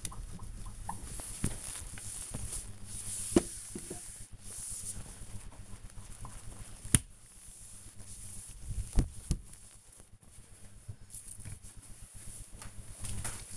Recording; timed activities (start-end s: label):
household activities, microphone on the right wrist
0.00-13.57 s: window cleaning